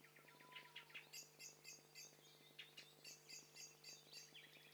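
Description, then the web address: Several birds calling at once, a dense overlap of high chirps and short trills with one low whistled note early on, over a steady low hum. Stereo mixture of several birds calling together. "Hi Fi STEREO BIRD COCKTAIL PARTY Challenge SBCP TESTSET HDBird Cocktail Party"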